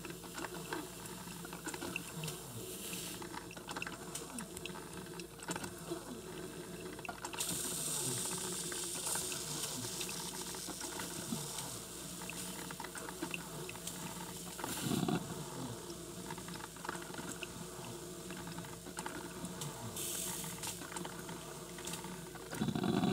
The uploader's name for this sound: Brewing